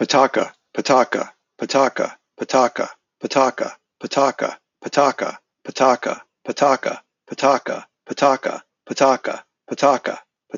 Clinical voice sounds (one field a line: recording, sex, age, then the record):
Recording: repeated syllables /pa ta ka/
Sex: male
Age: 50 to 59 years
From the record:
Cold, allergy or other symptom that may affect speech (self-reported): no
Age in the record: 58 years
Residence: New Jersey, United States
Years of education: 17